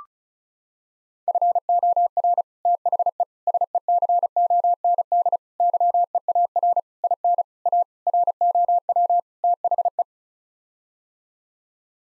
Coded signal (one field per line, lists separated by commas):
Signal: Morse code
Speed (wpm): 34 wpm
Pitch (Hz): 700 Hz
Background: none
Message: FOR THE SECOND YEAR IN A ROW THE